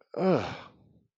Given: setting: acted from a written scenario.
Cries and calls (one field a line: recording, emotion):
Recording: vocal sound without words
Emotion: shame